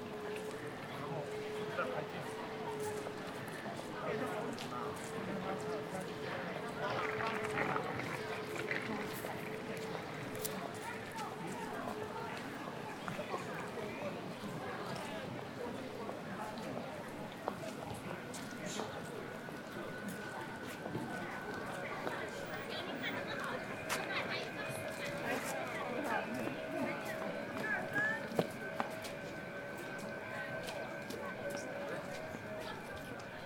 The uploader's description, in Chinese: 北京地坛